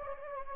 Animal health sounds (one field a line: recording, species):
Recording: mosquito wingbeat signal from an infrared sensor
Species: Anopheles gambiae